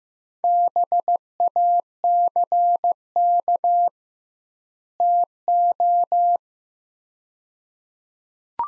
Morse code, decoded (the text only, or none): BACK TO